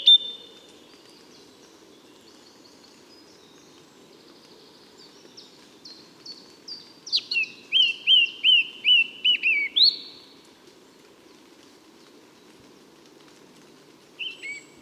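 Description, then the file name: Eurasian blackcap song: a soft, quiet twittering warble builds into about eight loud, repeated fluty whistles ending on a rising note, then a brief whistle after a pause. "Sylvia atricapilla"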